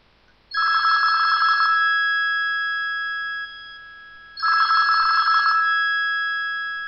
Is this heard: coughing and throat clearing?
no